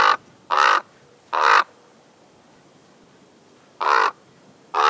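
Chihuahuan raven giving harsh, croaking caws, each about a quarter second long, at irregular intervals with quiet gaps between.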